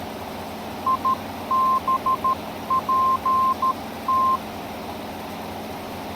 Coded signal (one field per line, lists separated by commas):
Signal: Morse code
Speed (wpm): 13 wpm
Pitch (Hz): 1050 Hz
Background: none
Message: IBPT